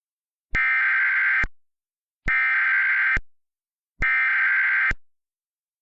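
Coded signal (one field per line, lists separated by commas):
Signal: Emergency Alert System (SAME) tones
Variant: header bursts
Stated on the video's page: Fictional EAS scenario alert, not a real broadcast.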